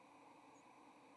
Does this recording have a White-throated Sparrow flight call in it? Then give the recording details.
no. Another species' flight call is heard. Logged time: 08:37 on 30 October 2014